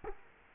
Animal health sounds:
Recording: mosquito wingbeat signal from an infrared sensor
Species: Culex quinquefasciatus

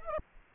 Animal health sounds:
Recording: mosquito wingbeat signal from an infrared sensor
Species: Aedes aegypti

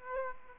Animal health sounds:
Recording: mosquito wingbeat signal from an infrared sensor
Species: Aedes aegypti

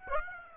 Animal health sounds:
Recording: mosquito wingbeat signal from an infrared sensor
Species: Aedes aegypti

